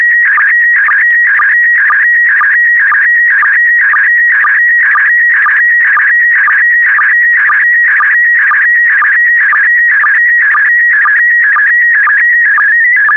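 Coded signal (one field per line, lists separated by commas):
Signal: SSTV (slow-scan television)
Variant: PD120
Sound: continuous warbling, buzzy tone with short low sync blips about twice a second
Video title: (06 of 12) ARISS 20 Years - Series 7 July 2017 - Retransmission SSTV PD120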